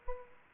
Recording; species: mosquito wingbeat signal from an infrared sensor; Aedes aegypti